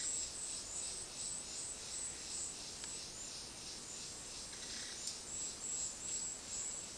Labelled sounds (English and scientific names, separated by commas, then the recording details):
none
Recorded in dense forest near Puerto Asís, Putumayo, Colombia, on 21 February 2024 at 11:00
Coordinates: 0.466, -76.327
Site G6413